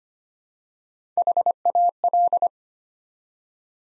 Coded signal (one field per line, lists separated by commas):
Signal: Morse code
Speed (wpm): 25 wpm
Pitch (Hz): 700 Hz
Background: none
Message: HAL